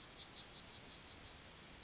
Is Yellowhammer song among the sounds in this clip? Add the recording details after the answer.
yes. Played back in grassland. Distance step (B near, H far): C. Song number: 135